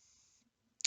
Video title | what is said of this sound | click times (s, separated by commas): Japanese Arisaka 6.5x50 | and as that rotates in it locks into place and that that shell is just really | 0.8 s